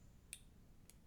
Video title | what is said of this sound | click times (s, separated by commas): HOW NOT TO REMOVE AN ORANGE TIP!! Unboxing a VFC P320 M17... | okay so that's clicked back in so I should be good with that | 0.3 s